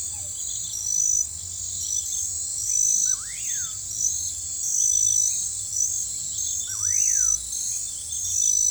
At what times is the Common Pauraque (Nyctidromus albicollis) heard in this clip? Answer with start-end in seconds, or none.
3.06-3.75, 6.69-7.32